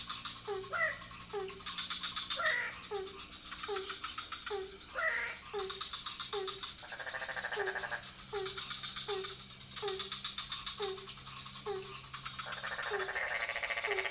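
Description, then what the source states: Frogs calling in a night chorus: short low croaks repeat steadily, overlaid with buzzy pulsed trills and occasional higher chirps. Several frog species in a pond near a hotel, Ubud, Bali, Indonesia, at night; recorded with Sony PCM D50, Rode NT4 microphone on boompole.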